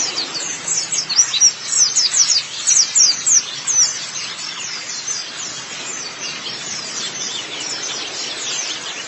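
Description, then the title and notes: White-eye song: bright, high chirping bursts roughly once a second early on, fading into softer continuous twittering. "Kicauan Burung Pleci Durasi Panjang. Suara kicauan burung pleci"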